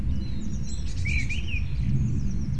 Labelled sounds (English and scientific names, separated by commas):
Eurasian Blue Tit (Cyanistes caeruleus)